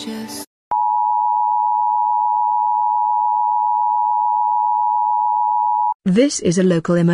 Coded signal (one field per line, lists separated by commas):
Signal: Emergency Alert System (SAME) tones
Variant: 853 and 960 Hz attention tone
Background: speech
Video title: Attack On London | EAS Scenario